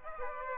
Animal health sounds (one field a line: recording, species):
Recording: mosquito wingbeat signal from an infrared sensor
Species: Aedes aegypti